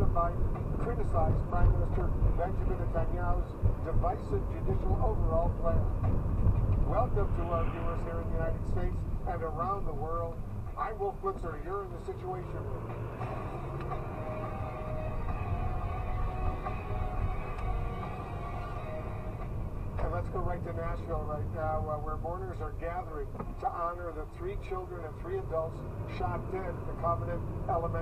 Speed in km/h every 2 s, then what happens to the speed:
27, 32, 32, 32, 27, 13, 8, 21, 21, 21, 21, 15, 6, 13.
0-6 steady at about 32. 6-11 brakes to 8. 12-14 speeds up to 21. 14-20 steady at about 21. 20-23 brakes to 6.